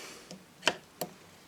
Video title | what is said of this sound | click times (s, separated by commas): Delboy's Garage, Triumph Tiger, Battery Upgrade. | there it is snaps into place and then pop those two off | 0.7 s, 1.0 s